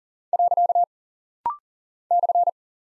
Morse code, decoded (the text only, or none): . /